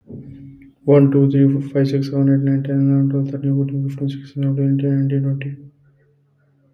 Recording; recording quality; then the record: counting at a fast pace; excellent, no background noise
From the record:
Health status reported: COVID-19 positive, mild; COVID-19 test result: positive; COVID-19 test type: RT-PCR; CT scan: not taken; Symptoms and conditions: cough, sore throat, loss of smell and taste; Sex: male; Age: 24 years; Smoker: yes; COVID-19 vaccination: both doses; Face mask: not worn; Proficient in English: yes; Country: India